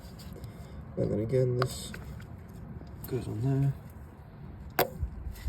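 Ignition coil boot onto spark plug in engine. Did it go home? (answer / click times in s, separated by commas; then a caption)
yes / 4.8 s. Someone talks while the ignition coil boot is pushed back down onto the last new spark plug in the engine of a 2008–2016 Ford Ka. A sharp click sounds at 4.8 seconds as the boot seats onto the plug.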